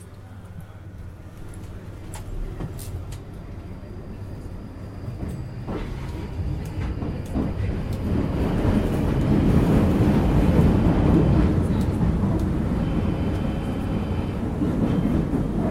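A train rumbles along in a deep, dense roar that grows steadily louder over the first ten seconds, then holds near its peak. Sharp clicks and knocks stand out early on, and a faint high whine sits above the rumble at the start.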